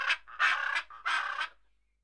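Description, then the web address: Macaw calling with three harsh, grating squawks, a short one followed by two longer rasping cries, then silence. "KMP Film Video Sound Effects. Ara"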